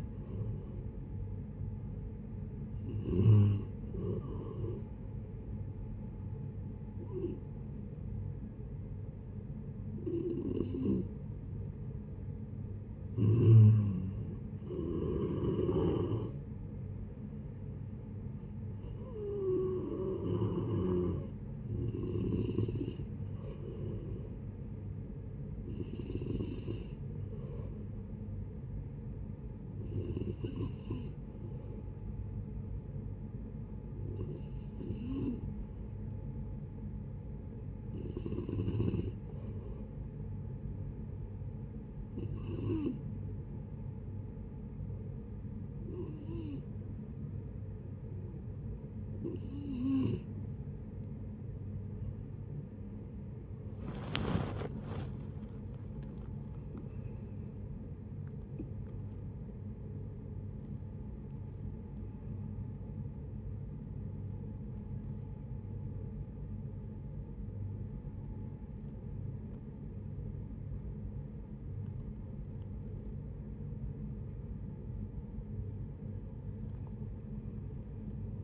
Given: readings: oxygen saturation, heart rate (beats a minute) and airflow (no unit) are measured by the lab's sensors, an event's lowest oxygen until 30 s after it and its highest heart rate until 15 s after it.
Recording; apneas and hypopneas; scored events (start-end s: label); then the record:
breathing in sleep by a smartphone at the bedside; 2
4.00-17.30 s: hypopnea (N3, oxygen 93% highest, then 90% lowest, heart rate 74 at the start, 78 highest)
18.00-48.00 s: new sleep stage, N2 (light sleep)
39.00-54.40 s: hypopnea (N2, oxygen 94% highest, then 88% lowest, heart rate 77 at the start, 86 highest)
48.00-78.44 s: new sleep stage, N1 (lightest sleep)
From the record:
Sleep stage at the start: N3 (deep sleep); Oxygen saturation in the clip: 88 to 96%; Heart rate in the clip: 71 to 86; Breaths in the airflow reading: 20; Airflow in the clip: -15.4 to 13.9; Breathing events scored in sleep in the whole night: 496 in 5.4 hours asleep